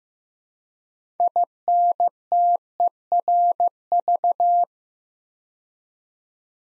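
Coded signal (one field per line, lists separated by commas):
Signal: Morse code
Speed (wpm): 15 wpm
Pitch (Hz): 700 Hz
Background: none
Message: INTERV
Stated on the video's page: Morse practice at 15 wpm building 8-letter words two letters at a time, for instant character recognition training.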